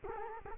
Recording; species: mosquito wingbeat signal from an infrared sensor; Culex quinquefasciatus